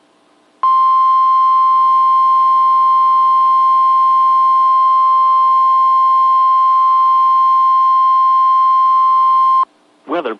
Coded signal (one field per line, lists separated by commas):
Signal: Emergency Alert System (SAME) tones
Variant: 1050 Hz attention tone